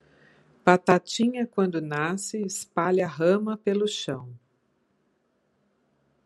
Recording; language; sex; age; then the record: short text; Brazilian Portuguese; female; 60 to 69 years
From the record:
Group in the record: control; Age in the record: 60 years